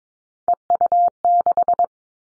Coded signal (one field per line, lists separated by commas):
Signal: Morse code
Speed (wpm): 22 wpm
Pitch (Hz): 700 Hz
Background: none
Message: EU6